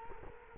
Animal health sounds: mosquito wingbeat signal from an infrared sensor; Culex quinquefasciatus

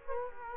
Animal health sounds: mosquito wingbeat signal from an infrared sensor; Culex quinquefasciatus

